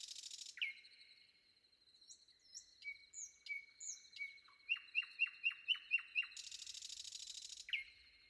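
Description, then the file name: Common nightingale song: buzzy churring bursts, long pure whistled notes, then a rapid series of loud sharp repeated notes, rich and varied phrases. Recorded before dawn. "predawn nightingale"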